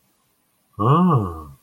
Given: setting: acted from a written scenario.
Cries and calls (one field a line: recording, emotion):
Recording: vocal sound without words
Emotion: romantic love